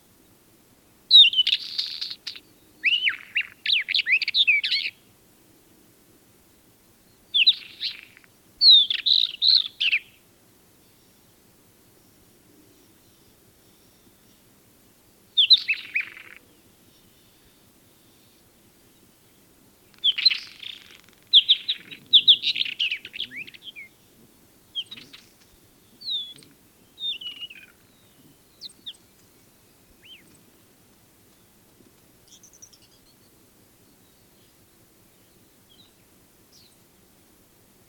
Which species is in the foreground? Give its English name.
Isabelline Wheatear